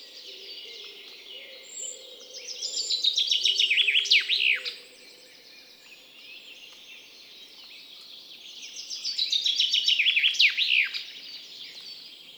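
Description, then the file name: Common chaffinch giving two full song phrases several seconds apart, each a cheerful accelerating trill descending into a final flourish, over a low hum. "Fringilla coelebs"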